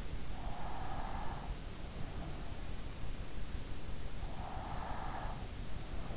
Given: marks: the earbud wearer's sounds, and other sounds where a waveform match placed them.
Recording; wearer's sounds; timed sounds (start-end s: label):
sounds in sleep by an in-ear microphone; breath
0.14-1.60 s: breath
4.04-5.63 s: breath